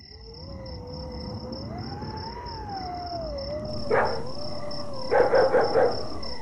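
A strong wind outside a house howls in a long, wavering whistle that rises and falls over a low rushing background, with a few short, sharp bursts toward the end, the wind getting into the house. No one speaks.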